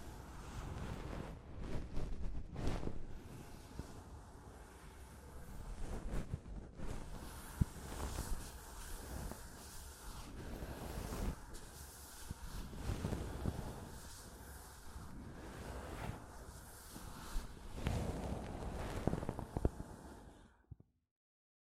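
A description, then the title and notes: Soft fabric brushes against a microphone in a continuous rustling, swelling and easing in slow sweeps every couple of seconds with a low rumbling undertone. A few sharper scrapes stand out near 2.5 and 7.5 seconds, and the rubbing stops abruptly just before 21 seconds. ASMR Mic Brushing using Soft Fabric (No Talking).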